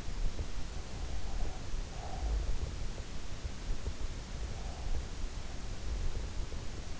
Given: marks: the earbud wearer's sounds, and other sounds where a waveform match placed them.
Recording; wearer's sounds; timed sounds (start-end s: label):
sounds in sleep by an in-ear microphone; breath
0.85-2.60 s: breath